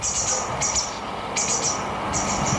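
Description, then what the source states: White wagtail flight calls: thin, high chirps in short groups, repeated several times over a steady, broad background rush. A single bird passing overhead in flight, heard but not seen.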